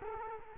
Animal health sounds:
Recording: mosquito wingbeat signal from an infrared sensor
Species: Culex quinquefasciatus

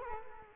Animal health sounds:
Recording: mosquito wingbeat signal from an infrared sensor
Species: Culex quinquefasciatus

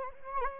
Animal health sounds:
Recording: mosquito wingbeat signal from an infrared sensor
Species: Anopheles gambiae

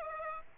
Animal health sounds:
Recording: mosquito wingbeat signal from an infrared sensor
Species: Aedes aegypti

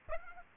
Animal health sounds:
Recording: mosquito wingbeat signal from an infrared sensor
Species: Aedes aegypti

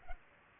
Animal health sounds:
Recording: mosquito wingbeat signal from an infrared sensor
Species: Culex pipiens

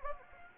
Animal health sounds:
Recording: mosquito wingbeat signal from an infrared sensor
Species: Anopheles gambiae

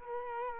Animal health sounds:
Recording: mosquito wingbeat signal from an infrared sensor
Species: Culex quinquefasciatus

